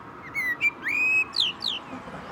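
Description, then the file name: Common blackbird song, a run of clear whistled notes: two short slurs, a longer level whistle, then two high notes sliding downward. "Turdus merula"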